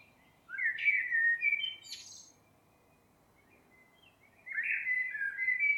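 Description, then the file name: Common blackbird with a full, fluty warbled phrase and a squeaky high ending, a long pause, then another rich whistled phrase. "Turdus merula"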